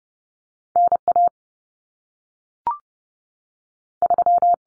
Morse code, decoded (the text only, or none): NA 3